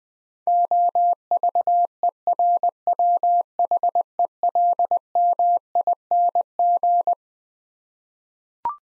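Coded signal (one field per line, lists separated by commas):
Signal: Morse code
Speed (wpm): 20 wpm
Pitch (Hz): 700 Hz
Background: none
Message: OVERWHELMING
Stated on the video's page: Head-copy practice of twelve-letter words at 20 wpm, each word sent in Morse, spoken, then sent again.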